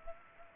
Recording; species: mosquito wingbeat signal from an infrared sensor; Culex pipiens